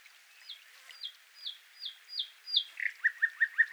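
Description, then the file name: Common nightingale phrase: a slow series of downslurred piping notes growing louder, switching into quicker, sharper repeated notes at the end. "Luscinia megarhynchos"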